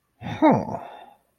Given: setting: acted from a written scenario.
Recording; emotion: vocal sound without words; interest